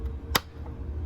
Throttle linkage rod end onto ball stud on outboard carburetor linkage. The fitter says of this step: we're going to put this right back in the bolt where we found it pressing it in with the Flathead it snaps into place